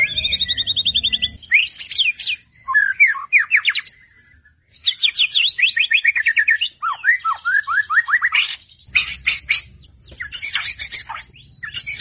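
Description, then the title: White-rumped shama song, a repeated buzzy note series, then varied fast whistled phrases with steeply falling notes, pauses between bursts and a low hum in places. Lure recording made to draw a response from the bird; the singer is described as gacor, singing persistently. "PANCINGAN MURAI BATU GACOR"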